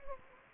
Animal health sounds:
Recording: mosquito wingbeat signal from an infrared sensor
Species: Anopheles gambiae

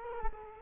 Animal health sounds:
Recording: mosquito wingbeat signal from an infrared sensor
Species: Culex quinquefasciatus

